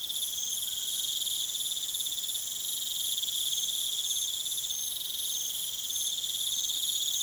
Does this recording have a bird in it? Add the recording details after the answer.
no. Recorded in pastures near Puerto Asís, Putumayo, Colombia, on 29 June 2025 at 21:00. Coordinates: 0.486, -76.323. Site H29